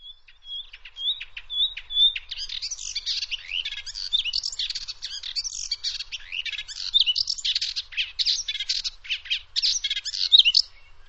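Bird calls open with a few short, clear whistled notes, then burst into rapid, scratchy high chattering that carries on in uneven spurts to the end.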